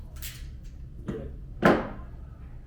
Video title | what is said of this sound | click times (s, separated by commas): How to Crimp an Ethernet Cable | Push down till you hear a click. | 1.7 s